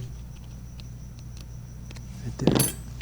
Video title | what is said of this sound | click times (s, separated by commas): Saving RUSH - Moving Pictures Cassette Repair | like all that's in line there you go and you'll hear it kind of snap in place | 2.5 s